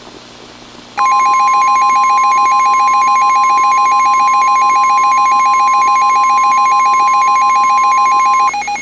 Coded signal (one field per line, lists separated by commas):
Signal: Emergency Alert System (SAME) tones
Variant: 1050 Hz attention tone